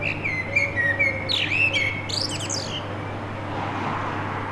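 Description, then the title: Common blackbird singing a mellow, fluty warble that breaks into high, scratchy twittering notes, then stops, leaving a low steady hum. Singing to defend its territory; recorded from a balcony during the Covid-19 confinement. "merla"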